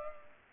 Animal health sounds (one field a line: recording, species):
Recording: mosquito wingbeat signal from an infrared sensor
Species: Culex pipiens